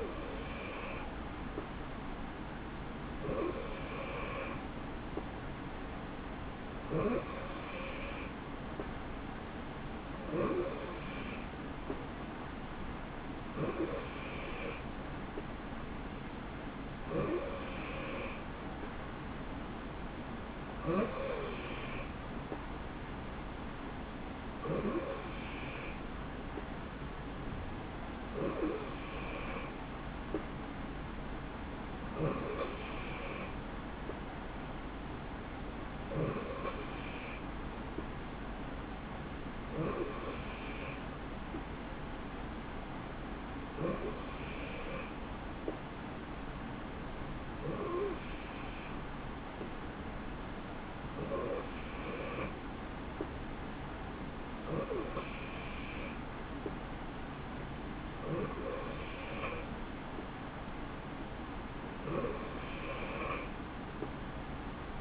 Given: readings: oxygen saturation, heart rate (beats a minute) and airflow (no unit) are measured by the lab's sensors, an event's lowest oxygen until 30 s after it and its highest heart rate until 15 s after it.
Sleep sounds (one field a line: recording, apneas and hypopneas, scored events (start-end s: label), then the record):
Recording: breathing in sleep by a voice recorder at the bedside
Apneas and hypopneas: none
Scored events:
none scored
From the record:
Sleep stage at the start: N3 (deep sleep)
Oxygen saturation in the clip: 90 to 92%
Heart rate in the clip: 64 to 68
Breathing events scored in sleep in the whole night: 160 in 9.3 hours asleep